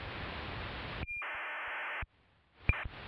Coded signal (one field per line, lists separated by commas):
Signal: ACARS aircraft data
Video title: ACARS VHF